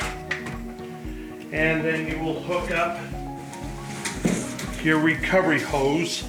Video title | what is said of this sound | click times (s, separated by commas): Nautilus Training | we'll plug in here, and it's a quick connect. Make sure they snap into place, | 0.3 s